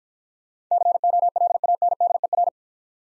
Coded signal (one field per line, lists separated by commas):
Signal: Morse code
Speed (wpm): 49 wpm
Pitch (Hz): 700 Hz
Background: none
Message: COLANDER